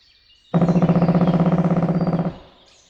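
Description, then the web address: Black woodpecker drumming: one loud, even roll of rapid strikes lasting nearly two seconds, then silence. "pic noir. oiseaux de nos forets"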